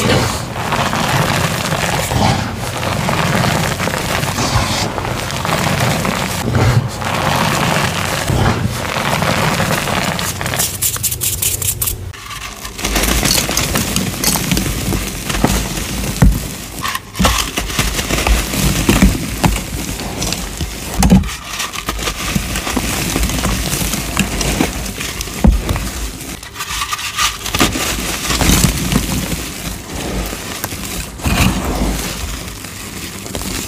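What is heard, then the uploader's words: Gym chalk is crushed in a dense, continuous crackle, gritty and full from low crunches to bright fizz, with sharper snaps scattered throughout. The texture shifts around 12 seconds, with brief lulls near 12, 17 and 27 seconds before the crunching resumes. Random Gym Chalk Crushes.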